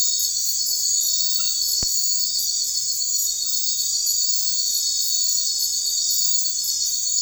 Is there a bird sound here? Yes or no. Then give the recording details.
no. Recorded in secondary vegetation near Puerto Asís, Putumayo, Colombia, on 9 March 2025 at 02:00. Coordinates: 0.499, -76.323. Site G094